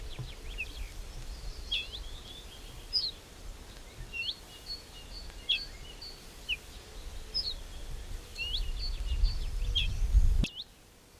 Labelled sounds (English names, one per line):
Ortolan Bunting alarm call